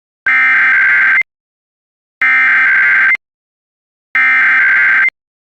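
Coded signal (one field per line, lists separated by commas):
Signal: Emergency Alert System (SAME) tones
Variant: header bursts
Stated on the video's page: Statewide Required Weekly Test SAME tones.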